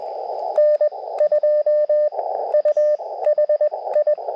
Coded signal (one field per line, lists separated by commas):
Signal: Morse code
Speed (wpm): 20 wpm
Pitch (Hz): 600 Hz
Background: radio noise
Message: N2U HI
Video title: Quick POTA Activation QRP CW 5/13/23 @ K-3684